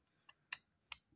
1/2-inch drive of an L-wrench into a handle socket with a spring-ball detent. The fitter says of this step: Kita tekan itu. Di sana, sampai terdengar bunyi klik, suara